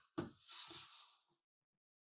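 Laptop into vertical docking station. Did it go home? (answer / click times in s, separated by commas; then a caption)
no / none. A 13-inch laptop is slid down into an alloy vertical docking station toward its USB-C plugs. A sharp knock-like contact at about 0.2 s gives way to a steady sliding scrape from roughly 0.5 to 1.2 s, with a faint tap near 1.3 s before silence. Nothing has seated or clicked yet; the laptop is still being handled and is not home.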